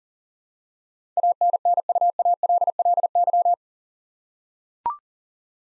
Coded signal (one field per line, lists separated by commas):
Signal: Morse code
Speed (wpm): 38 wpm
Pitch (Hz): 700 Hz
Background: none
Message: ANNUALLY